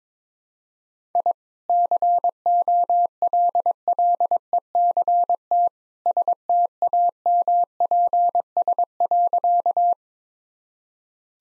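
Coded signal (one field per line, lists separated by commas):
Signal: Morse code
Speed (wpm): 22 wpm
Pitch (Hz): 700 Hz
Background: none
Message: I COLLECT STAMPS.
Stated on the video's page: Morse code practice sentences at 22 WPM with contextual hints.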